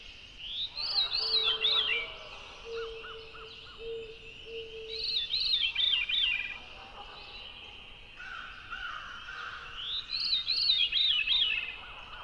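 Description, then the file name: Veery singing three downward-spiralling, reedy phrases at intervals of about four and a half seconds, with brief softer bird notes in between. "very veery"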